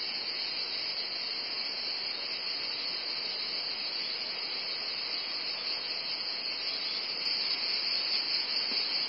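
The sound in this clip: Loud, constant, shrill cicada drone holding steady, growing slightly louder near the end, with a brief higher tick partway through.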